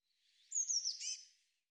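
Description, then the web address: Eurasian blue tit giving a single soft, high, sliding call that ends in a slightly buzzy note, otherwise quiet. "cianscape birddata Deverinetal 2025 File cleaned normalized Bird Cy Ca"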